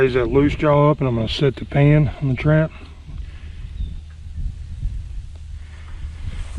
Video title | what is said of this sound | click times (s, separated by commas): Releasing a coyote by hand. | we heard it not latch there | none